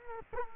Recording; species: mosquito wingbeat signal from an infrared sensor; Culex quinquefasciatus